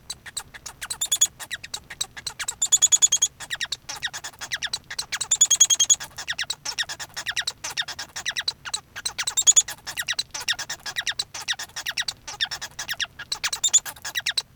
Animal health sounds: song of a male Bengalese finch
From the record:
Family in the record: son of father 1

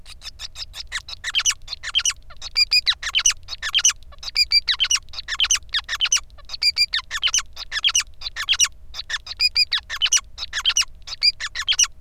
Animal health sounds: song of a male Bengalese finch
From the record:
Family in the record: son of father 5

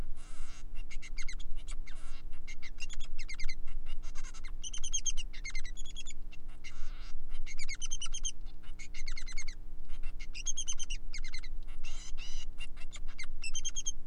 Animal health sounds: song of a male Bengalese finch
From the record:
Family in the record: son of father 3

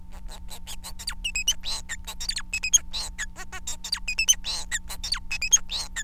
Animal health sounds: song of a male Bengalese finch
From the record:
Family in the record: son of father 4

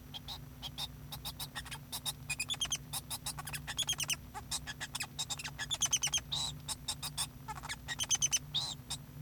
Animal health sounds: song of a male Bengalese finch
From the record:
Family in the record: son of father 2

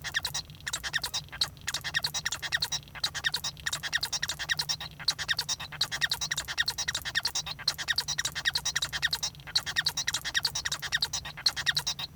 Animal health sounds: song of a male Bengalese finch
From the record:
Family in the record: son of father 1

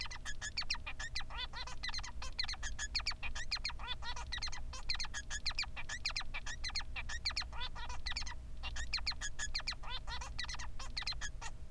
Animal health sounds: song of a male Bengalese finch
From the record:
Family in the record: son of father 3

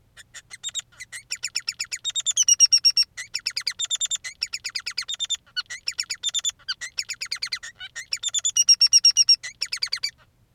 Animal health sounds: song of a male Bengalese finch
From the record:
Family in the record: son of father 3

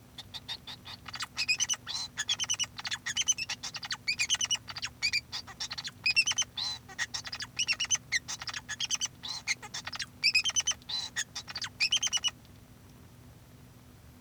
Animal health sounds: song of a male Bengalese finch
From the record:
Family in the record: son of father 2

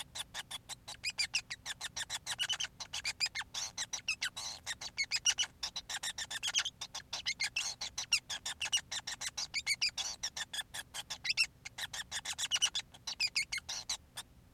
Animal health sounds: song of a male Bengalese finch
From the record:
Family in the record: son of father 5

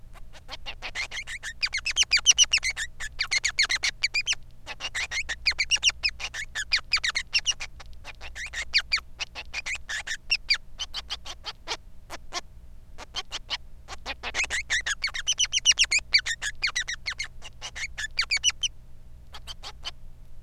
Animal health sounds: song of a male Bengalese finch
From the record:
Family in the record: son of father 3

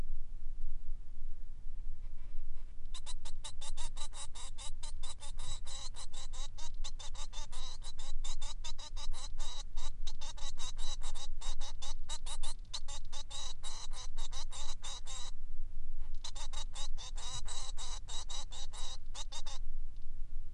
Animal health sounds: song of a male Bengalese finch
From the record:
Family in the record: son of father 3

